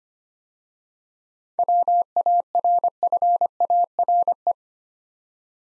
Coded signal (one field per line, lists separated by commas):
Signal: Morse code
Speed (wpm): 25 wpm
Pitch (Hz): 700 Hz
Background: none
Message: WARFARE